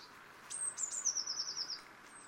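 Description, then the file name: Eurasian blue tit giving a high, thin, rapidly trilled call that slides gradually downward over more than a second, against soft background hiss. "Cyanistes caeruleus"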